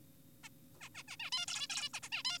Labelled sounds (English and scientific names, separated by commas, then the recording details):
Zebra Finch (Taeniopygia guttata)
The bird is an adult
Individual g4p5U